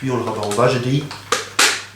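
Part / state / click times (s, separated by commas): butt plate closing onto an airsoft rifle stock / seated / 1.3 s, 1.6 s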